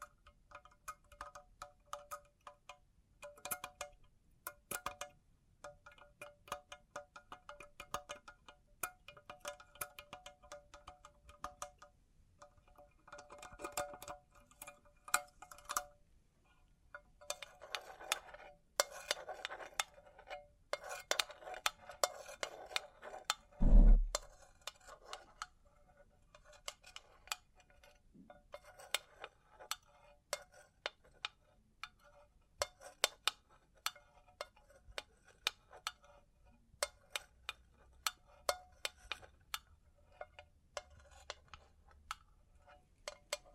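Bling triggers: a run of small, bright metallic clicks and taps, like jewelry or trinkets handled, coming in quick irregular bursts with faint ringing tones. A brief heavy knock lands near 24 seconds, and the tapping grows sparser and sharper toward the end.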